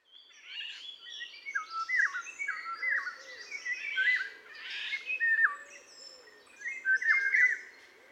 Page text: European Golden Oriole Oriolus o. oriolus, Leipzig, Germany